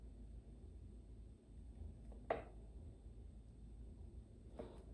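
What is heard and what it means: A plastic screw cap is tightened onto one of the last three glass kombucha bottles to check for a click, over a quiet, low hum. A short sharp tap sounds at 2.3 s and a fainter one at 4.6 s, but the cap does not click.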